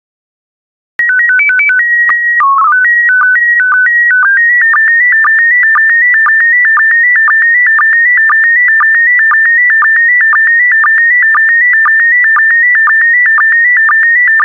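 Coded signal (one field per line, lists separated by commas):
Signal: SSTV (slow-scan television)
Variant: PD 120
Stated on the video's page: SSTV in PD120 mode, images for decoding practice.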